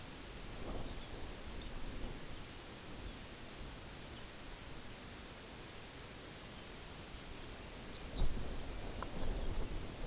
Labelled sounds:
Lapland Longspur
unidentified sound
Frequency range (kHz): Lapland Longspur 2.5-7.0 kHz
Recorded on Arctic tundra, site UTQI-0, on 14 June 2019
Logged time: 14:00

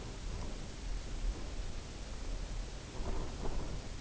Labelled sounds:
none
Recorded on Arctic tundra, site UTQI-0, on 17 June 2019
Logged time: 22:00

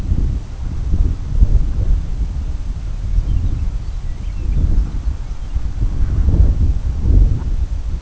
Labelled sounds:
Lapland Longspur
Brent Goose
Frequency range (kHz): Lapland Longspur 1.6-5.8 kHz; Brent Goose 0.1-2.3 kHz
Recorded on Arctic tundra, site CORI-1, on 20 June 2018
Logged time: 20:00

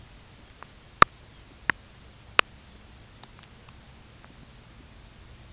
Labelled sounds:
Lapland Longspur
unidentified sound
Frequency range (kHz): Lapland Longspur 2.8-5.0 kHz
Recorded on Arctic tundra, site UTQI-5, on 13 June 2019
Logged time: 16:00

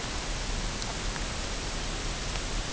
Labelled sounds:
none
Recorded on Arctic tundra, site UTQI-5, on 21 June 2018
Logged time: 14:00

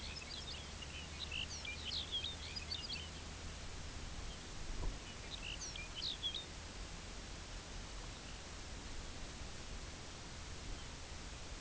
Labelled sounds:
Lapland Longspur
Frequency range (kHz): Lapland Longspur 1.1-7.2 kHz
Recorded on Arctic tundra, site UTQI-0, on 17 June 2019
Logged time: 18:00

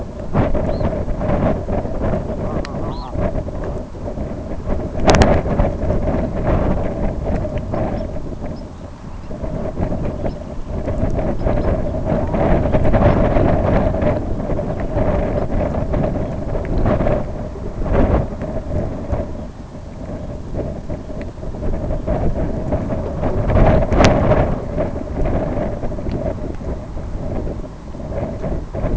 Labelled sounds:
Red Phalarope
Brent Goose
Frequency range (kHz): Red Phalarope 2.4-6.3 kHz
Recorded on Arctic tundra, site IGLO-B, on 25 June 2018
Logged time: 19:59

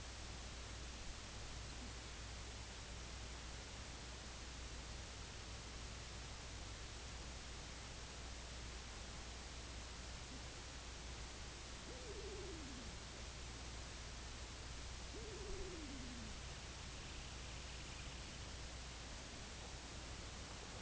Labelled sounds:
unidentified sound
King Eider
Semipalmated Sandpiper
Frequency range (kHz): Semipalmated Sandpiper 2.0-3.7 kHz
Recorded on Arctic tundra, site IGLO-A, on 24 June 2018
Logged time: 23:59

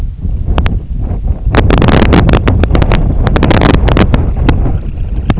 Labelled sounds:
Semipalmated Sandpiper
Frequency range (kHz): Semipalmated Sandpiper 1.9-3.8 kHz
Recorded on Arctic tundra, site IGLO-D, on 23 June 2018
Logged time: 20:00

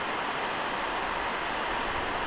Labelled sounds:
none
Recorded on Arctic tundra, site NAIT-1, on 29 June 2018
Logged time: 01:00

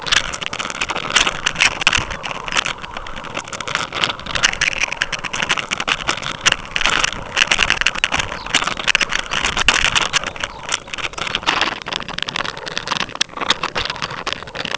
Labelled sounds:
Lapland Longspur
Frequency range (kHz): Lapland Longspur 3.0-6.0 kHz
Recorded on Arctic tundra, site UTQI-5, on 12 June 2019
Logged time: 00:00

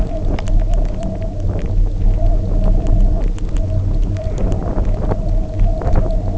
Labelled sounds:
none
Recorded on Arctic tundra, site UTQI-0, on 27 June 2018
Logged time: 00:00

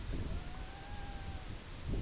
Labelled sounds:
Red-throated Loon
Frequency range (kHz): Red-throated Loon 0.3-2.2 kHz
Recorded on Arctic tundra, site IGLO-B, on 19 June 2018
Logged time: 23:59

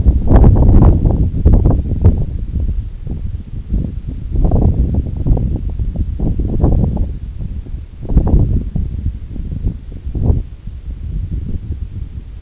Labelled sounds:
none
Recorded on Arctic tundra, site NAIT-1, on 2 July 2019
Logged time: 02:00

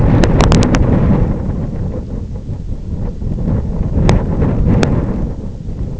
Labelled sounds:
none
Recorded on Arctic tundra, site IGLO-F, on 26 June 2018
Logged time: 08:00

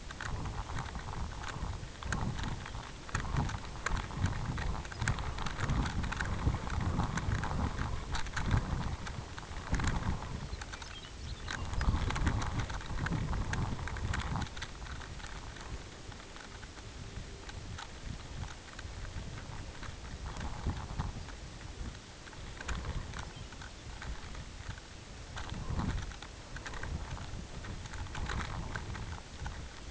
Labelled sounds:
unidentified sound
Pectoral Sandpiper
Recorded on Arctic tundra, site UTQI-5, on 16 June 2019
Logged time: 02:00

